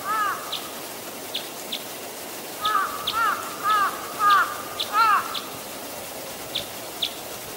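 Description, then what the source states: Red crossbill calls: a run of short, downslurred, slightly buzzy notes, loosely repeated in small bursts, with faint high ticks between them. Type E call type.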